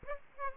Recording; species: mosquito wingbeat signal from an infrared sensor; Aedes aegypti